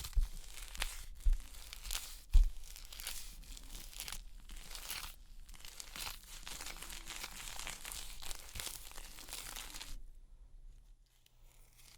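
Makeup cleansing brings dense, irregular rustling and crinkling with scattered sharp knocks, continuing for about ten seconds before falling quiet.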